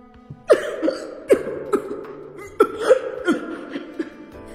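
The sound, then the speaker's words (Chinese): Harsh, violent coughing by the character Bai Ying, who reaches to cover the mouth, in a rapid series of strained bursts, about six or seven loud barks separated by short ragged gasps, with no talking. “白鹰剧烈地咳嗽着，伸手去捂自己的嘴。”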